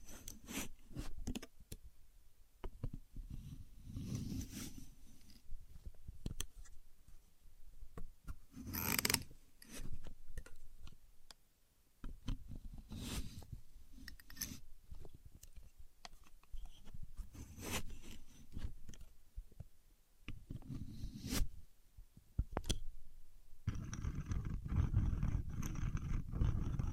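A contour gauge being used, its pins clicking and sliding in quick irregular bursts throughout. Sharp clattering snaps stand out near 9 and 21 seconds, with a near-silent gap around 11 seconds. After about 24 seconds a steady low rumble joins the clicks.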